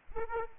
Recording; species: mosquito wingbeat signal from an infrared sensor; Aedes aegypti